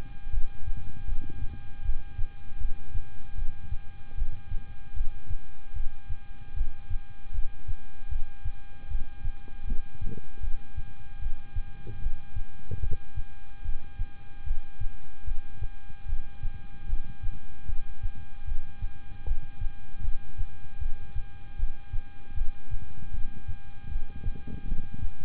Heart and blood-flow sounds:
heart sounds by stethoscope; between the tricuspid and mitral areas; 76 bpm
0.31 s: heartbeat
1.05 s: heartbeat
1.82 s: heartbeat
2.58 s: heartbeat
3.35 s: heartbeat
4.15 s: heartbeat
4.94 s: heartbeat
5.73 s: heartbeat
6.54 s: heartbeat
7.32 s: heartbeat
8.09 s: heartbeat
8.88 s: heartbeat
9.65 s: heartbeat
10.40 s: heartbeat
11.19 s: heartbeat
11.99 s: heartbeat
12.80 s: heartbeat
13.62 s: heartbeat
14.44 s: heartbeat
15.24 s: heartbeat
16.06 s: heartbeat
16.86 s: heartbeat
17.66 s: heartbeat
18.45 s: heartbeat
19.24 s: heartbeat
20.01 s: heartbeat
20.79 s: heartbeat
21.56 s: heartbeat
22.34 s: heartbeat
23.11 s: heartbeat
23.89 s: heartbeat
24.65 s: heartbeat
From the record:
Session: rest, lying down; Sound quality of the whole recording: good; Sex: male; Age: 26 years

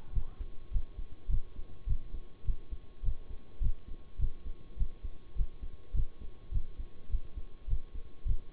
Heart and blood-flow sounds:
heart sounds by stethoscope; between the tricuspid and mitral areas; 103 bpm
0.13 s: heartbeat
0.71 s: heartbeat
1.28 s: heartbeat
1.86 s: heartbeat
2.44 s: heartbeat
3.03 s: heartbeat
3.61 s: heartbeat
4.18 s: heartbeat
4.77 s: heartbeat
5.35 s: heartbeat
5.94 s: heartbeat
6.51 s: heartbeat
7.09 s: heartbeat
7.67 s: heartbeat
8.25 s: heartbeat
From the record:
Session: bicycle stress test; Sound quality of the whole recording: good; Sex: male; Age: 26 years

